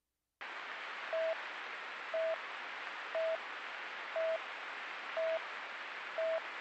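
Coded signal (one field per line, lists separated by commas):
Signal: none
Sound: radio channel alert beeps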